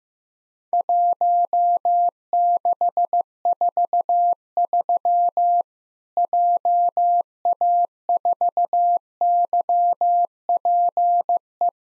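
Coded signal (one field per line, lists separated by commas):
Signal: Morse code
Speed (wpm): 15 wpm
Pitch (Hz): 700 Hz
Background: none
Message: 1643 JA4YPE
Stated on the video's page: Morse practice of Worked All Europe DX Contest QTC exchanges at 15 wpm, including random misses with repeats requested.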